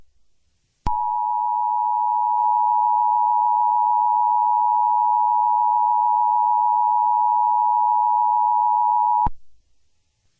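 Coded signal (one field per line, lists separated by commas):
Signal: Emergency Alert System (SAME) tones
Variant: 853 and 960 Hz attention tone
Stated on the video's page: EAS tones in a fictional Halloween EAS scenario.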